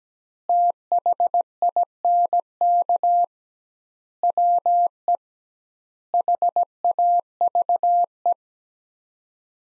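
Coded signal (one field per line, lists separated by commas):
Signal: Morse code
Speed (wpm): 17 wpm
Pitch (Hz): 700 Hz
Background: none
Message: THINK WE HAVE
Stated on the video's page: Morse practice of sets of four words at 17 wpm with 2x word spacing, a Farnsworth-like method.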